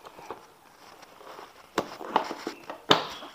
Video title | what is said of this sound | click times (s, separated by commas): Touring aman pakai strap ini #duke250 #pcx #nmax | Oke, kursinya sudah terkunci . | 2.9 s